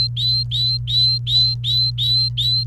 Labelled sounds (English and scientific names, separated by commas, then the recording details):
Domestic Canary (Serinus canaria) song
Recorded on 28 April 2018 at 12:30
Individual llb3